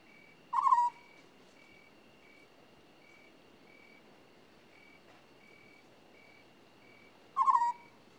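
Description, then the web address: African scops owl: two short rolling purrs roughly seven seconds apart, while a rhythmic, high, beeping insect chorus pulses in the background. "BBC Sound Effects Library. African Scops Owl"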